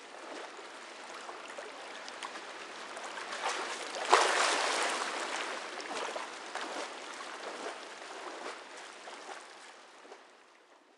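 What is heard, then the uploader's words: Water trickles and splashes steadily with many small ticks, swelling into a louder surge around four seconds before easing back down. Soothing Water Sounds.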